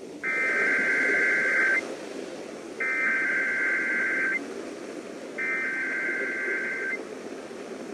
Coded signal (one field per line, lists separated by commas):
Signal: Emergency Alert System (SAME) tones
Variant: header bursts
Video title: Rochester, NY Required Monthly Test (6/8/17)